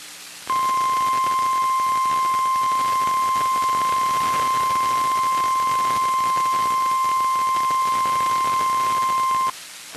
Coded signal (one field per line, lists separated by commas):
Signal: Emergency Alert System (SAME) tones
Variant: 1050 Hz attention tone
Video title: EAS 2215-2228 (3/16/23)